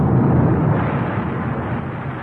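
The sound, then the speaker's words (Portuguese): A deep, continuous earthquake rumble, heavy in the low end, holding at a steady loud level for a couple of seconds with a roiling, grinding texture and no voices. “Logo sobrevieram relâmpagos, vozes e trovões, e houve um grande tremor de terra.”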